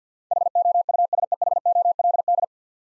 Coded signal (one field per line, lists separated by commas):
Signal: Morse code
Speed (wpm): 46 wpm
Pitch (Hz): 700 Hz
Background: none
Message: HOUSEHOLD